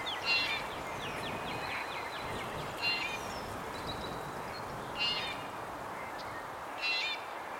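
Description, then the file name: Red-bellied woodpecker, rolling harmonic calls roughly every two seconds, with thin slurred notes from another bird over a hissy background. "Melanerpes carolinus - Red-bellied Woodpecker"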